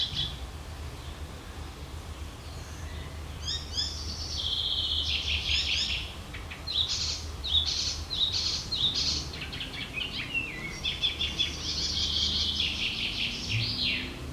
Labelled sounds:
Icterine Warbler song

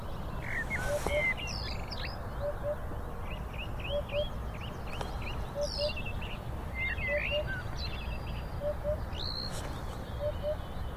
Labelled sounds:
Eurasian Hoopoe

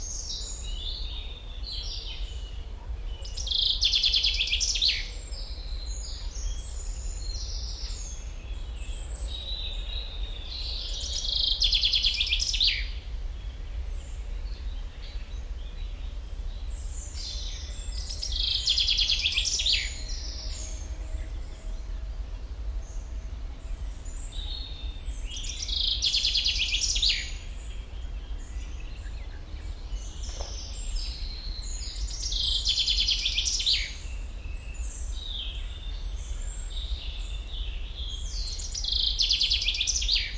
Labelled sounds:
Common Chaffinch

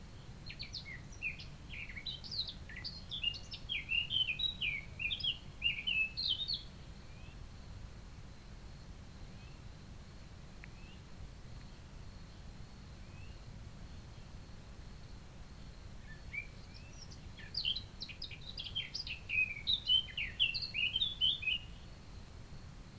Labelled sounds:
Eurasian Blackcap song

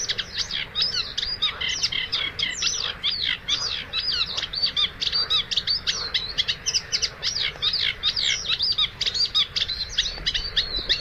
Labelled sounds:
Eurasian Reed Warbler song

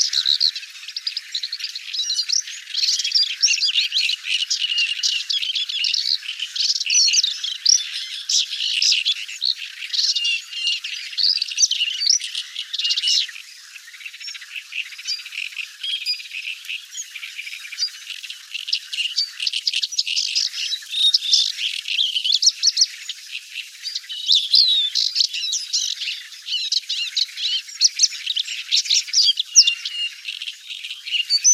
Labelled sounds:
Paddyfield Warbler song

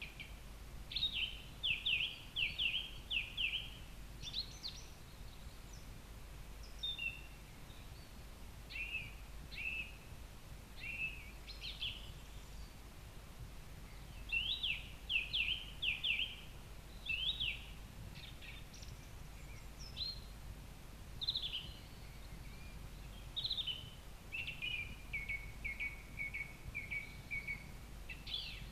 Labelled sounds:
Song Thrush song

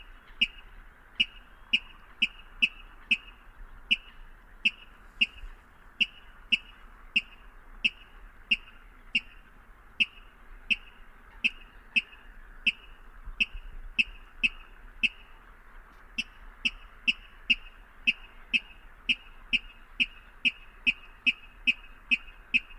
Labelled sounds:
Water Rail

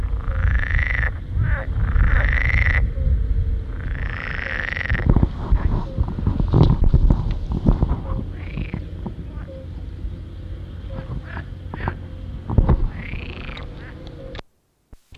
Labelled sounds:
Pool Frog call

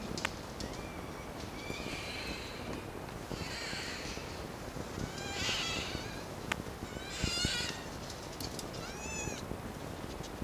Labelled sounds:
Red Fox

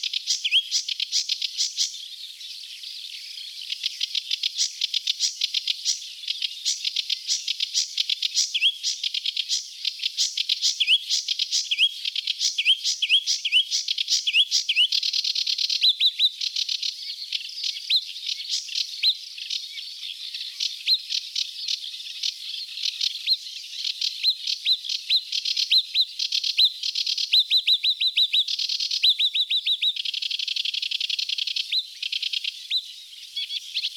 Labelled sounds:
Sedge Warbler song

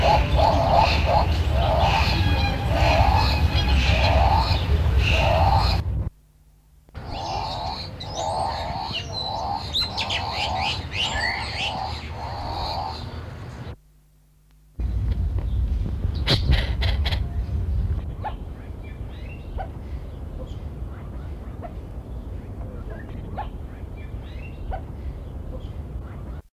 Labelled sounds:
White-cheeked Turaco call

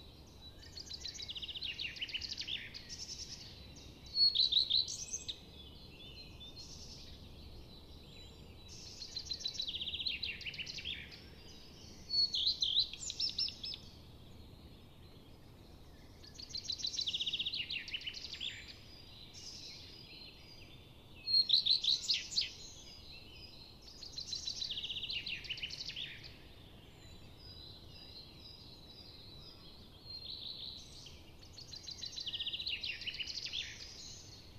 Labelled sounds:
Common Redstart song

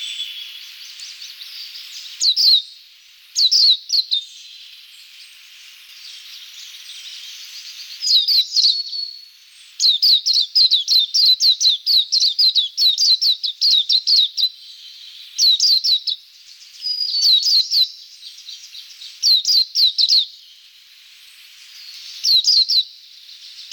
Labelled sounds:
Greenish Warbler song

